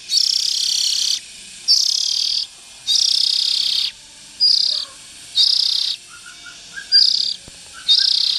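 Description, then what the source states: Oriental magpie-robin delivering long, harsh hissing rasps that shorten over time, with faint short notes in the gaps. Young Oriental magpie-robins (chích chòe than non).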